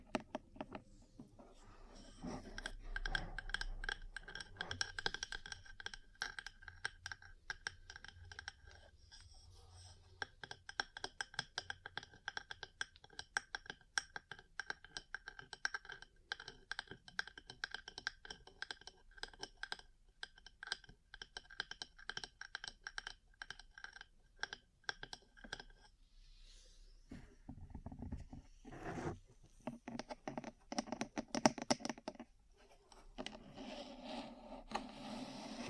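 Rapid, dense tapping and fine crackling clicks, like ear cleaning or fingertip tapping, run almost continuously for the first twenty-six seconds, with a soft low thump early on. After that come slower, louder rubbing and brushing swells around 27 to 33 seconds.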